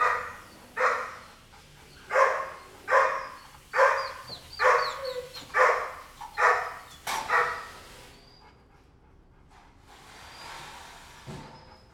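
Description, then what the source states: Dog barking in a steady series of loud barks, then a quiet stretch with a faint, muffled sound. Dog barking in a kennel, recorded from different perspectives in a roomy, quiet room.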